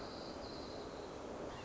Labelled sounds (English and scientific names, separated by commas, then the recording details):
White-crowned Sparrow (Zonotrichia leucophrys)
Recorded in Sonoma County, California